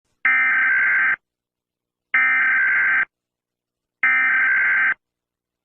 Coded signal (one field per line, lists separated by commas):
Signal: Emergency Alert System (SAME) tones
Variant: header bursts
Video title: EAS Scenario: The Beginning. [READ DESC]